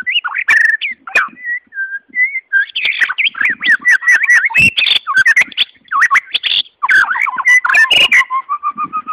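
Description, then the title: White-rumped Shama song: rich, varied whistled phrases, sliding up and down, broken by sharp clicks and harsh buzzy bursts in a fast continuous stream. "murai batu"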